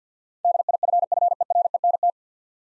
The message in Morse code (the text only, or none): DIFFERENT